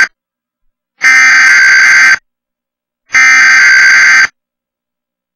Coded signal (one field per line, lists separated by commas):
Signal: Emergency Alert System (SAME) tones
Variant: header bursts